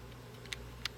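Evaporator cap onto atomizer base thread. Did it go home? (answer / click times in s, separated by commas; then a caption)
yes / 0.5 s, 0.9 s. A threaded evaporator cap is turned backwards on the atomizer base of a PlasmAir PlasmAirFlo build deck until its threads drop into the thread start. Over a steady low hum, a faint tick comes at 0.5 s, then two sharp, bright clicks at 0.5 s and 0.9 s. The cap is seated on the thread.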